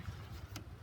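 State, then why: Seated. A fog light harness plug from a fog light kit is pushed into the passenger fog light socket on a 2016 Toyota RAV4, over a steady low rumble like an idling vehicle. A sharp snap is heard at 0.6 s as the connector clicks in, and the plug is seated, hooking up the passenger fog light.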